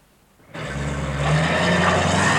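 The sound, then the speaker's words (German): After a brief moment of quiet, the engine of an American Chevrolet car bursts into a loud, steady roar with a deep rumbling hum, growing slightly louder and fuller as it revs up. No voices are heard. “Das ist ein Chevrolet. Ein amerikanischer Wagen.”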